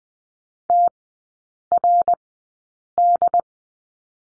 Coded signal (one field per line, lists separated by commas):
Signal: Morse code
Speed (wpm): 20 wpm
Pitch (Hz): 700 Hz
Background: none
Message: TRD